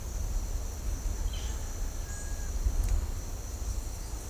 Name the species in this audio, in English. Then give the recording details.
none. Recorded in pastures near Puerto Asís, Putumayo, Colombia, on 20 December 2024 at 10:30. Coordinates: 0.496, -76.326. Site G004